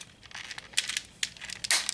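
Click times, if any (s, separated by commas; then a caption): 1.7 s. A rotated plastic transformation piece on a 2009 Hasbro Transformers Revenge of the Fallen Leader Class Megatron action figure is handled and pushed so its tab meets the mating tab on the figure body. Crinkly plastic handling and scraping build up, with a sharp click near 0.8 s. The tab pops into place with a loud snap at 1.7 s, and the piece is seated.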